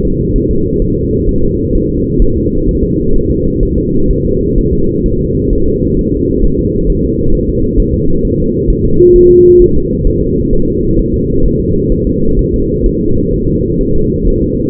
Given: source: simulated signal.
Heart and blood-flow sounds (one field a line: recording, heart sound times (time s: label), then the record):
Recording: fetal heart sounds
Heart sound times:
0.05 s: S2
0.36 s: S1
0.51 s: S2
0.82 s: S1
0.97 s: S2
1.29 s: S1
1.44 s: S2
1.75 s: S1
1.90 s: S2
2.22 s: S1
2.37 s: S2
2.69 s: S1
2.84 s: S2
3.16 s: S1
3.31 s: S2
3.63 s: S1
3.78 s: S2
4.11 s: S1
4.25 s: S2
4.58 s: S1
4.73 s: S2
5.06 s: S1
5.21 s: S2
5.53 s: S1
5.68 s: S2
5.99 s: S1
6.14 s: S2
6.45 s: S1
6.59 s: S2
6.90 s: S1
7.05 s: S2
7.35 s: S1
7.50 s: S2
7.80 s: S1
7.95 s: S2
8.25 s: S1
8.40 s: S2
8.70 s: S1
8.85 s: S2
9.16 s: S1
9.31 s: S2
9.62 s: S1
9.77 s: S2
10.07 s: S1
10.22 s: S2
10.53 s: S1
10.68 s: S2
10.99 s: S1
11.14 s: S2
11.46 s: S1
11.60 s: S2
11.92 s: S1
12.07 s: S2
12.39 s: S1
12.54 s: S2
12.86 s: S1
13.01 s: S2
13.34 s: S1
13.48 s: S2
13.81 s: S1
13.96 s: S2
14.28 s: S1
14.42 s: S2
From the record:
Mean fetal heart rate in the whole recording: 130 bpm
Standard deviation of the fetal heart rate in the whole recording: 4 bpm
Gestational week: 38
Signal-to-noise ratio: -16.4 dB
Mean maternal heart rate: 72 bpm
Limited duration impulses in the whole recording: present